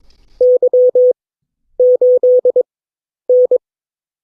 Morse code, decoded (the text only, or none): Y8N